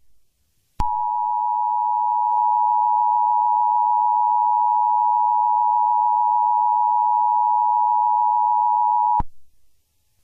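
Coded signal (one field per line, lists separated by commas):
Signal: Emergency Alert System (SAME) tones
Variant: 853 and 960 Hz attention tone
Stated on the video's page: Fictional horror EAS scenario.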